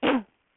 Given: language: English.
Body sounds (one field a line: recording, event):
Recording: throat vibration sensor signal played as sound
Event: cough